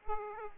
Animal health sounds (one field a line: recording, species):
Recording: mosquito wingbeat signal from an infrared sensor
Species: Aedes aegypti